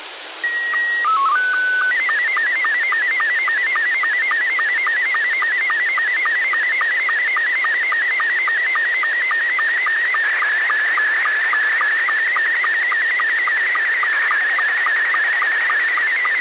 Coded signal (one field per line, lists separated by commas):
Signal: SSTV (slow-scan television)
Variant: Scottie 2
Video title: LCDRA Live Stream - 145.390 Lansing and 146.700 - Slow Scan TV Net